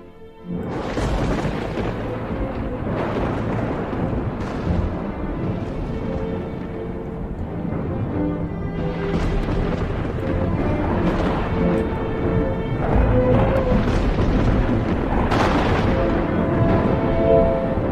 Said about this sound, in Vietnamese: Ở bên ngoài, chẳng biết cớ làm sao, trời đang nóng nực như vậy, bỗng nhiên nổ sấm khan. Tiếng sấm nghe đinh tai nhức óc, như là oán hận cái gì.